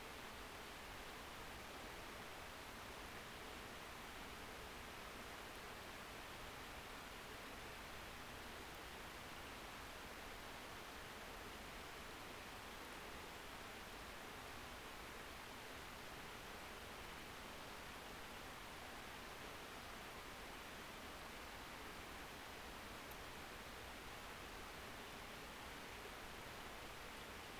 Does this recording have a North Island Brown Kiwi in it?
no